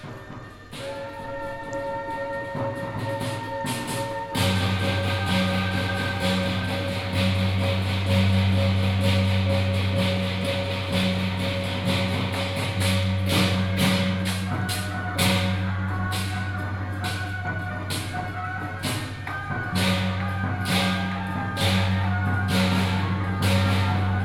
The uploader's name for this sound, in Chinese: 廟會咚咚隆咚鏘